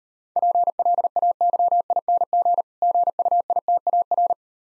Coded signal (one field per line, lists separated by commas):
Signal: Morse code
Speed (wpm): 40 wpm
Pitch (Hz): 700 Hz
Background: none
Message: PLAYING GUITAR